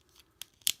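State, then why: Seated. A swung plastic section of a Transformers Studio Series 02 Deluxe Class Decepticon Stinger transforming toy is pressed against the roof pieces. A small tick sounds at 0.4 s, then a sharp bright click at 0.7 s as the section clicks into place, confirmed seated.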